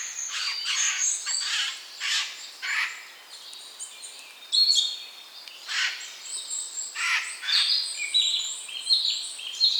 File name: Garrulus glandarius